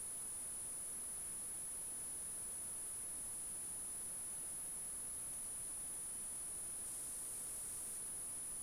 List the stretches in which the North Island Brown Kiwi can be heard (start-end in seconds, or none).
none